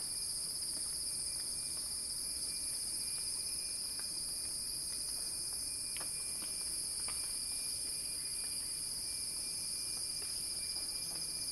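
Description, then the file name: High-pitched cicada drone, constant and dense, with a faint thin tone and a few sharp clicks beneath. Cicada song building in a crescendo. "earth-fm Axel-Drioli Cicada-Crescendo-Sounding-Wild"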